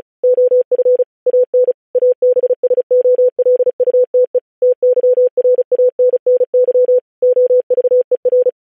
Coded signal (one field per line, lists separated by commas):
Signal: Morse code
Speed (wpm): 36 wpm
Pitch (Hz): 500 Hz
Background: none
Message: OF AN ABSOLUTE TYRANNY OVER